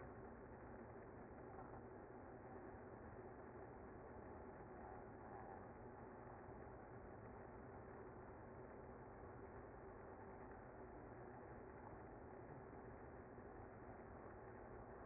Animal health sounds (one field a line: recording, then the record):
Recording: honeybee colony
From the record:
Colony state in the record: active